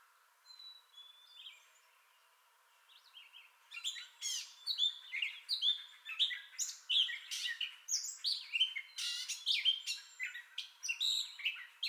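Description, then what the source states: Gray catbird song starting with a few faint thin whistles, then bursting into a fast, continuous jumble of harsh squeaks, chatters and slurred notes. Entire song bout recorded 2021-05-30.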